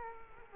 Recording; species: mosquito wingbeat signal from an infrared sensor; Culex quinquefasciatus